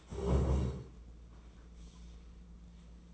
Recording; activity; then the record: daily activity, microphone in the room; stand up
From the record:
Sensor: 1